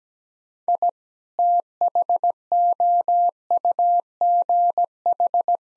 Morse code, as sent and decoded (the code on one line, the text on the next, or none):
.. / - .... --- ..- --. ....
I THOUGH